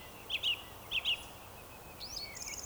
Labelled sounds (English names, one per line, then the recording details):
Eurasian Woodcock whistle
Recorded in Baden-Württemberg, Germany, on 27 June 2020 at 19:49 UTC
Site 43791, 788 m above sea level